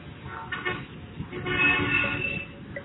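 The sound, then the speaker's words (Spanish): A car horn honks in the street: a brief toot, then a longer, steady blaring blast over a low rumble of traffic. “El claxon del coche que acababa de sonar en la calle se repetiría 3 veces más.”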